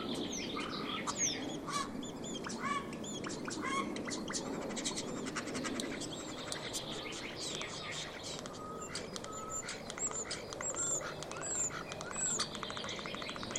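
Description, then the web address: Common starling chatter: dense rapid clicks, rattles and short whistles running continuously, with varied squeaky notes layered throughout. "Deverinetal 2025. Bird Only"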